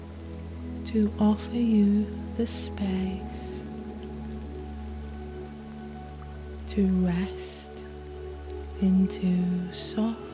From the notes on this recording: the calm soothing white noise from the rain and soft music